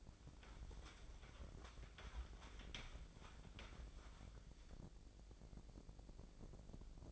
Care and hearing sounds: daily activity, microphone in the room; wipe stove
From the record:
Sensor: 5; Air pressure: 1012.4 hPa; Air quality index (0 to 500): 158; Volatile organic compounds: 2 ppm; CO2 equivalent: 1076 ppm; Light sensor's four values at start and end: 171/406/175/202 and 169/403/173/198

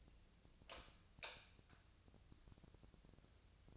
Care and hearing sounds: daily activity, microphone in the room; light on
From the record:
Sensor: 2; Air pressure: 999.8 hPa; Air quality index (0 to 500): 120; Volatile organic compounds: 2 ppm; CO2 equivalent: 1030 ppm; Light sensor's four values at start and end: 27/69/29/32 and 31/80/34/37

